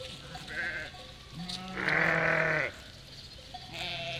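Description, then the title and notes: Sheep bleating, a few separate calls with one long, loud quavering bleat in the middle, other bleats fainter before and after. Flock of 467 sheep and lambs, freshly counted by the shepherd, moving and grazing grass and wild garlic; spatialised, moving bleating chorus; spring day, Chindrieux, France; binaural recording, Fostex FR2 LE, recordist on bicycle. "847 Rue de Vars, 73310 Chindrieux, France - Troupeau de moutons. En ce jour de printemps, au beau milieu d'un troupeau de 467 moutons et agneaux fraîchement comptés par le berger. Bêlements en chorale très spacialisée et en mouvement"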